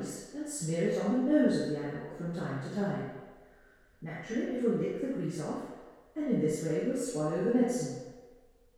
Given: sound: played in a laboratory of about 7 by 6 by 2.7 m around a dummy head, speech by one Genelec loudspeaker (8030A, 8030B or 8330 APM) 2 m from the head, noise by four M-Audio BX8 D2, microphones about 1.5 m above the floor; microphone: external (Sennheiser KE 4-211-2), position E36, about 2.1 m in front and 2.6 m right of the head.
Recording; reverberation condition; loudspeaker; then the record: female speech in English; high; 60 degrees to the right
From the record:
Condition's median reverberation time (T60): about 1300 ms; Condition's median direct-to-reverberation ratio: about -4.0 dB